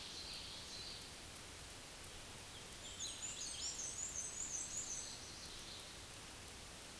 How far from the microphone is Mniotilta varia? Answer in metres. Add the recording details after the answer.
about 40 m. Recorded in a Pennsylvania forest on 19 May 2023 at 20:33. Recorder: AudioMoth, point grid1_29_low. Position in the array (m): 40 m, 132 m